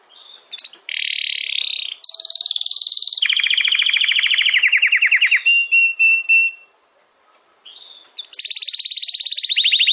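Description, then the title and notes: Domestic canary song made of varied trills in quick succession, some buzzy and some rolling, with a short pause before a high trill resumes. Belgian canary singing in the campainha song style. "Canário Belga Campainha Canary Singing. Canario Belga Cantando"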